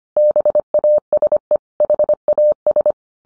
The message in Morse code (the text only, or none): BASE HAS